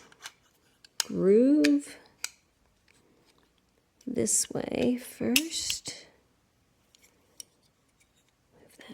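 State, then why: Seated. Metal bearings in the feed mechanism of an early Davis Vertical Feed sewing machine are worked into their groove and a part is moved over, with small metallic ticks and taps while someone talks. The bearing snaps into place in the groove at 7.4 s, seating it so the mechanism now moves when worked up and down.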